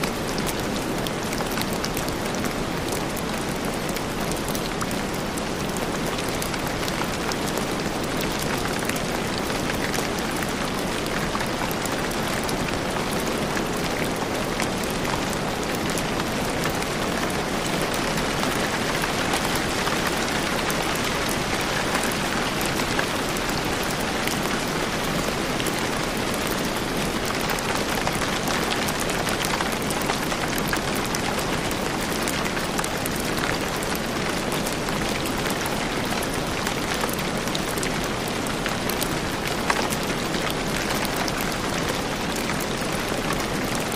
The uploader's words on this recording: Dreamy Rain Sleep Sounds | Relaxing Rainstorm White Noise.